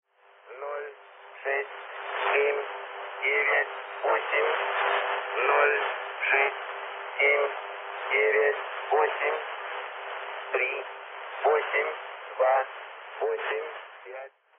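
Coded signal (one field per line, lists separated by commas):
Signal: numbers station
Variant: S06, Russian Man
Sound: a male voice reading short words at fairly even intervals through band-limited radio hiss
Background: radio static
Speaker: active station is s06 also known as the Russian man linked to e06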